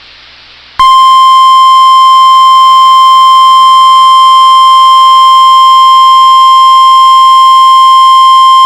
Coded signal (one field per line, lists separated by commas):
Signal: Emergency Alert System (SAME) tones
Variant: 1050 Hz attention tone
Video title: [EAS Compilation] Severe Thunderstorm Warnings on NOAA Weather Radio WXM99 [August 2, 2022]